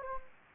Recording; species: mosquito wingbeat signal from an infrared sensor; Anopheles gambiae